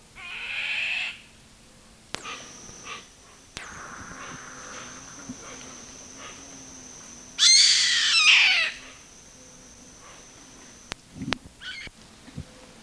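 Bird giving a loud, harsh, screeching call lasting about a second, with fainter rasping notes earlier, over a thin steady high-pitched whine and a few sharp clicks.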